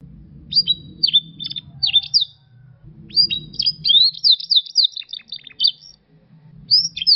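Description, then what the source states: Canary song, bright trilled phrases and rapid rolling chirps in bursts with short pauses. Canary song combining Yorkshire and Russian styles.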